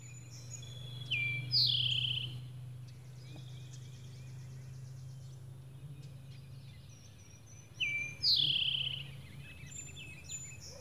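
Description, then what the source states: Towhee song: two phrases about seven seconds apart, each a short high note followed by a buzzy trill that slides downward, over a steady low hum with faint other birds. Singing in spring, recorded March 31, 2012.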